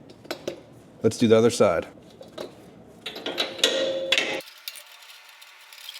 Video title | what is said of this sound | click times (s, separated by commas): How to Properly Maintenance Your Zero Turn Lawn Mower - Cub Cadet ZTX5 60" | Push the boot back on and make sure you hear that click. | 0.3 s